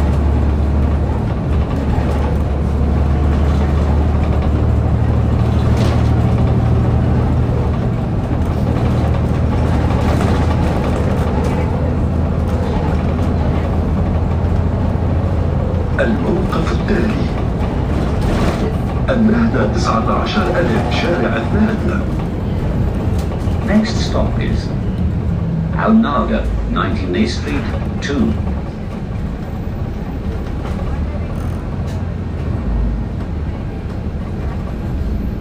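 A ride on a city bus, with a steady low engine rumble and hum running throughout, strongest in the first fifteen seconds. From about the middle on, voices talk intermittently over the drone, with some brighter clicks and rattles near the end.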